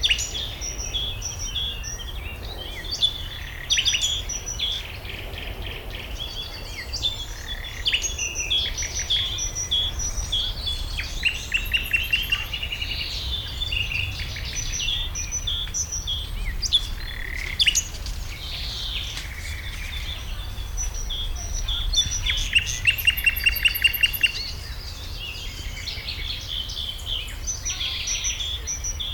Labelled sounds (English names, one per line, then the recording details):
Garden Warbler
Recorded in the wild
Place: Karower Teiche, Naturpark Barnim, Berlin, DE
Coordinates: 52.7, 13.53
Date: 1996-05-16 14:15
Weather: bedeckt, 11-14°C
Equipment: Sony MD-WM MZ-R3, Sennheiser MKH 416 T, Kopie Uher 4000 Report Monitor
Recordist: Tembrock, Günter
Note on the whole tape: Gesang